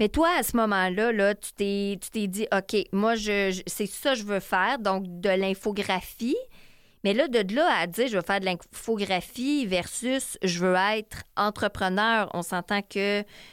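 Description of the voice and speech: A woman speaks Quebec French in a conversational interview style, asking a question at an even pace with mid pitch and a brief pause midway. Her voice is clear and steady, with ordinary fluent speech and no sign of a voice or speech disorder.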